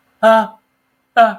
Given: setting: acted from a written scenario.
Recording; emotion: vocal sound without words; distress